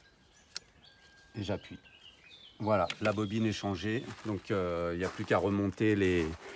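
An electrical wiring connector is pushed back onto an ignition coil and clicks into place with a sharp, short snap at 0.6 s, seating the connector. After a quiet moment, someone talks.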